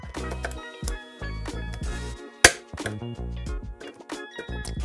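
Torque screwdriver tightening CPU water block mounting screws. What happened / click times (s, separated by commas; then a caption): The torque screwdriver clicked at its set torque / 2.4 s. A Torx torque screwdriver tightens the back plate screws into a CPU water block mounting, set to 0.6 Nm. Over music, it gives one sharp, loud click at 2.5 s as it reaches that torque, and someone talks briefly afterward.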